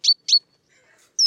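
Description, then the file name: Great tit giving short, high chirping call notes, two quick notes followed after a pause by a third. "Parus major"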